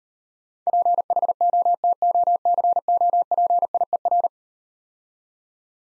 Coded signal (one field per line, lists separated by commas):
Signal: Morse code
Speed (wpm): 40 wpm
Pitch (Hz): 700 Hz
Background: none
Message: PHOTOCOPIER